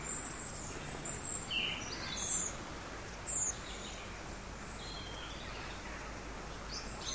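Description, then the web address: Bird calls: scattered thin, very high chirps, one lower whistled note among them, against steady hiss. Birds singing in an empty street of a big city. "canto de pajaros en una calle vacia de una gran ciudad"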